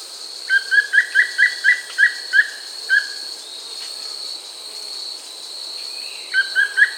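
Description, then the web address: Wing-barred piprites: a run of bright whistled notes, evenly spaced and slowing toward the end, then a short new burst begins, with a steady high hum behind. Recorded in Peru. "Birds of the Amazon 3. Wing-barred Manakin (Piprites chloris), Peru"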